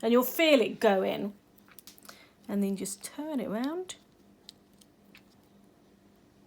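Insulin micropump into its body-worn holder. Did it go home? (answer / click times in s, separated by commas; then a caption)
no / none. Someone talks while a plastic Roche Accu-Chek Solo insulin micropump is slid onto its body-worn pump holder/patch and turned round to clip in. Faint, short handling ticks come around 1.6–2.1 s and 4.5–5.2 s. Nothing has seated or clicked yet by the end of the clip.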